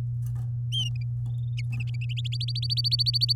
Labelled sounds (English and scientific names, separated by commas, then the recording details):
Domestic Canary (Serinus canaria) song
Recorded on 10 May 2018 at 09:56
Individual llb16